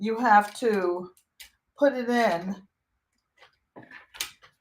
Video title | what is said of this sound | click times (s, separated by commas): HOW TO: SEW SCRAPPY CRUMBS INTO ART - 2200 CELEBRATION AZ PT2 💜 5/15/2025 #art #diy #storytelling | I don't know if you heard that little until it clicks. | 4.2 s